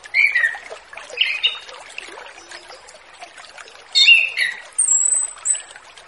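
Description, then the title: Orange-headed thrush song with short warbled phrases and a high thin whistle, in brief bursts separated by quieter gaps. Relaxed open-style song used as a lure for a spotted orange-headed thrush. "Anis Kembang Ngeplong Santai , Untuk Pancingan Anis Kembang Lepas Trotol"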